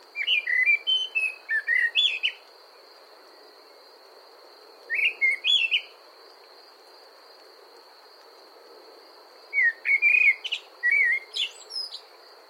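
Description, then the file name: Common blackbird song, three separate phrases of fluting whistles with high twittery endings, spaced by silent gaps of a few seconds; a constant high hum persists. "Amsel Gesang"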